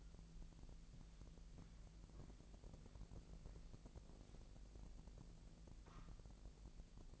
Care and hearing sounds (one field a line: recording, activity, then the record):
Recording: daily activity, microphone in the room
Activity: walk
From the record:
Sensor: 5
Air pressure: 1002.2 hPa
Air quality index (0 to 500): 235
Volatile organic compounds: 24 ppm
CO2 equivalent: 2820 ppm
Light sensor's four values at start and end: 30/72/30/33 and 31/72/30/33